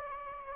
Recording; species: mosquito wingbeat signal from an infrared sensor; Anopheles gambiae